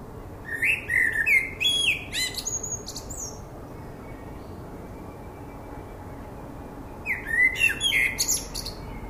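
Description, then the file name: Common blackbird song, two phrases of melodious low whistles running into shrill, chattering high notes, with a quiet pause between them. "Turdus merula"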